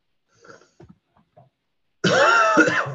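Faint soft sounds, then one loud, harsh, partly voiced cough burst from an adult, lasting almost a second, in a quiet room.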